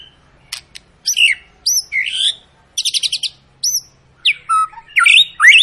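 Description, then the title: White-rumped shama song of loud clear slurred whistles, a fast rattling buzzy burst, and sharp rising and falling notes separated by short pauses. Long, lively lure song of a white-rumped shama, used to prompt other birds to sing. "Pancingan Murai Batu Gacor Panjang"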